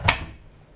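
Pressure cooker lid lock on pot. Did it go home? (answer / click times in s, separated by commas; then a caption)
released / 0.1 s. Someone pulls the release lever on the lid of an Emsan steel pressure cooker sitting on its pot to open it. A single sharp, bright click sounds at 0.09 s and fades quickly, leaving a faint low ring. The lid lock releases, and the lid can now be lifted off.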